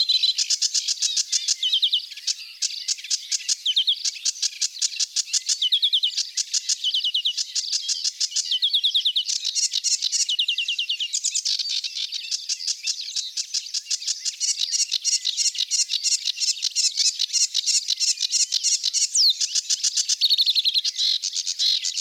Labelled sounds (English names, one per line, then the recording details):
Sedge Warbler song
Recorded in the wild
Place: Flögelner See, Schleswig-Holstein, DE
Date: 1982-05-30
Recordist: Schwarz, Dieter